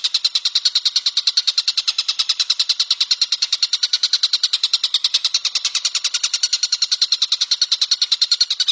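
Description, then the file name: Stork-billed kingfisher calling in a rapid, even stream of bright, high pulsed notes, around three each second, without pause throughout. Call type given as the "tembakan" (shooting) song style. "suara tembakan tengkek buto"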